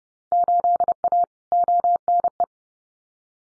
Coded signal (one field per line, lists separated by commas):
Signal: Morse code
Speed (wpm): 30 wpm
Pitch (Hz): 700 Hz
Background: none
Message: 8A ONE